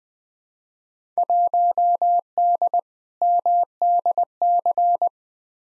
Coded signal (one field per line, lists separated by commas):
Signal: Morse code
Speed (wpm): 20 wpm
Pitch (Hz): 700 Hz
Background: none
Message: 1D MDC